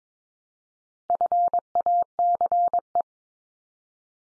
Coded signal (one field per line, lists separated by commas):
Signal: Morse code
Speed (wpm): 22 wpm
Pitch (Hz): 700 Hz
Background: none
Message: FACE